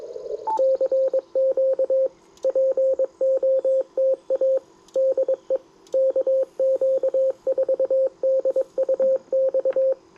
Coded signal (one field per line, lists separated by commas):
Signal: Morse code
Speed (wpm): 23 wpm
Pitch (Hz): 530 Hz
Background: radio noise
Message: CQ POTA DE KQ4DUX